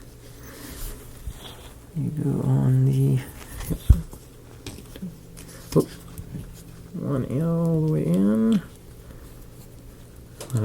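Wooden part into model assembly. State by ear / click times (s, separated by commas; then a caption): partly seated / 10.4 s. A wooden part is pushed into a ROKR Vitascope model kit, with someone talking between quiet handling sounds and small taps. A click is heard at 10.4 s, but the wooden part is not fully seated.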